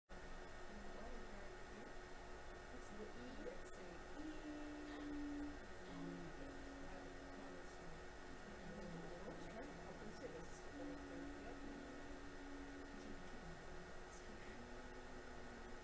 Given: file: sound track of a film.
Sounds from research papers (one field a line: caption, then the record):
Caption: Video laryngoscopy revealing the immobile left vocal cord with a large phonatory gap and anteromedial prolapse of the right arytenoid upon phonation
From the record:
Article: Subchordal Cyst Containing Non-degraded Hyaluronic Acid: A Rare Complication of Injection Laryngoplasty